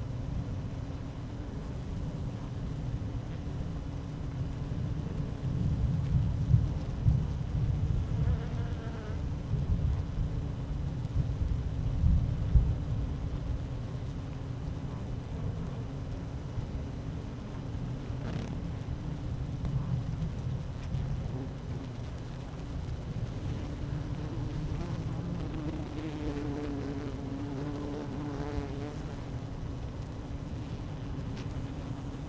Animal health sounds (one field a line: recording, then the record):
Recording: honeybee colony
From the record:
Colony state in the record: active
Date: 12 June 2018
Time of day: 12:00